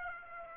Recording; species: mosquito wingbeat signal from an infrared sensor; Aedes aegypti